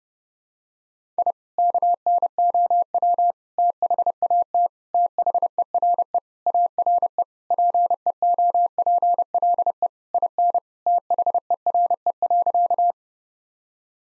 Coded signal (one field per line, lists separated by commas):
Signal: Morse code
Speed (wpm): 30 wpm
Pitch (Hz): 700 Hz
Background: none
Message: I KNOW THAT THERE ARE PEOPLE IN THERE.